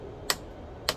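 A click-type torque wrench is pulled gently and steadily while tightening the front brake line fitting bolt on a Rebel 1100 motorcycle whose front brake line is being rerouted. Two short, sharp clicks sound at 0.3 s and 0.9 s over a quiet background. The wrench clicks at its setting, confirming the bolt has reached the right torque.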